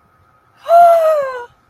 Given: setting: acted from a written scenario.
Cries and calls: vocal sound without words; fear

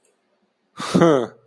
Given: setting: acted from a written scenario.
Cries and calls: vocal sound without words; contempt

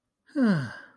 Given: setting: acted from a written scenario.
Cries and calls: vocal sound without words; contentment

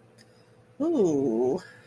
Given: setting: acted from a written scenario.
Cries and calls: vocal sound without words; contentment

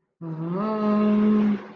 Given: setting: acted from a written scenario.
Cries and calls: vocal sound without words; adoration

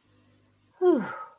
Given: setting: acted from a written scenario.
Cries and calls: vocal sound without words; contentment

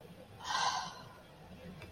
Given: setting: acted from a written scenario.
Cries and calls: vocal sound without words; contentment

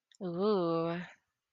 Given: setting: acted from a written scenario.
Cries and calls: vocal sound without words; romantic love

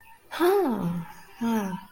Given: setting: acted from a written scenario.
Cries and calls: vocal sound without words; realization

